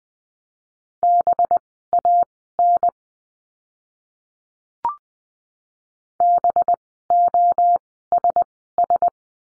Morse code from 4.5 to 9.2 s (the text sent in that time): BOSS